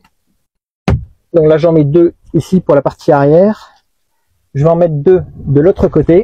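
A plastic retaining clip for a roof sunshade is pushed by hand into the gap at the edge of a car's glass roof, without using its pull tab. It snaps sharply into place at 0.9 s, and the clip is seated. Someone then talks.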